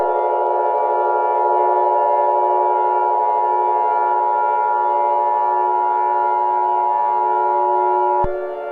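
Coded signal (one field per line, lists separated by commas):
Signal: Emergency Alert System (SAME) tones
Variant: 853 and 960 Hz attention tone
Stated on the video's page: Fictional EAS scenario alert, not a real broadcast.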